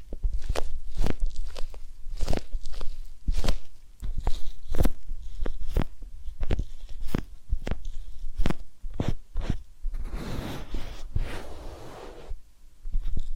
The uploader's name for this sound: Massage, Ear Cleaning and Spa